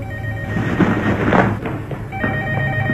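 A telephone rings with a steady, high electronic tone that briefly pauses and starts again, over a dense, noisy background with a few dull thumps and no talking.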